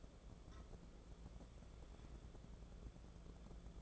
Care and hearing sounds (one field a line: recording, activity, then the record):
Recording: daily activity, microphone in the room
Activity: take from stove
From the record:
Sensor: 5